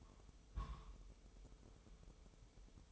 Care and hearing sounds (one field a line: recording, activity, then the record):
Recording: daily activity, microphone in the room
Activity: place on stove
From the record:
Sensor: 1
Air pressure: 988.3 hPa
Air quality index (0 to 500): 201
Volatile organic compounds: 1000 ppm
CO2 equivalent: 5399 ppm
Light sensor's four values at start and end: 26/97/37/39 and 26/97/37/39